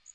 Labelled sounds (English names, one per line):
Magnolia Warbler flight call